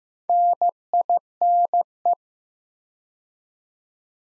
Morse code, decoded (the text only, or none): NINE